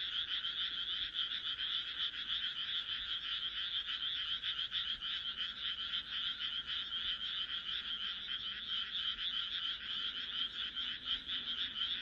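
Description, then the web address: Frogs calling in a thick chorus of fast, harsh pulses, steady and continuous. "kaeru kaeru"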